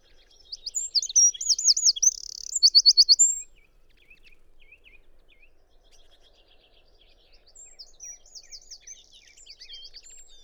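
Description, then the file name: Eurasian wren giving a loud burst of very high, rapid trills and rattling notes, then quieter, fainter trilled sequences continuing later. "Troglodytes troglodytes"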